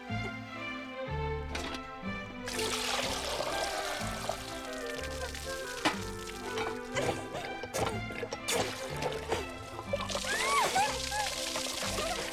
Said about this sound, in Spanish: ¡Está saliendo! Bien, sigan bombeando hasta que el agua salga limpia y clara.